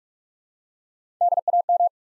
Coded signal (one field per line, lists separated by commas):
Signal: Morse code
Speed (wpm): 44 wpm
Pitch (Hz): 700 Hz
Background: none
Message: DAM